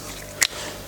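During a timing chain job on a BMW X1 engine, a torque wrench is used to check the tightening of a timing-side bolt. Against a low background hum, one short, sharp click is heard at 0.4 s. This is the wrench clicking at its setting, which confirms the bolt has reached torque.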